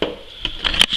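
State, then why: Seated. A plastic rear tail lamp assembly on a Chrysler Pacifica is pressed back into its body mounting clips after the blinker is tested. A few sharp plastic knocks come at about 0.0, 0.5 and 0.7 seconds, then the loudest snap at 0.8 seconds as the assembly seats in place.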